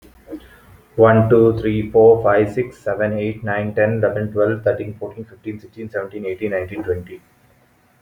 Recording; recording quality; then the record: counting at a fast pace; excellent, no background noise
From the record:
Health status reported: healthy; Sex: male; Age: 20 years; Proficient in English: yes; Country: India